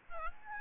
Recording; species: mosquito wingbeat signal from an infrared sensor; Aedes albopictus